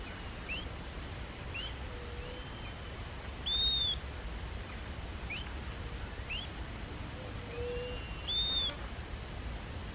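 Bird calls: a clear, arched whistle given twice about five seconds apart, with fainter short upslurred chirps between, over steady background hiss.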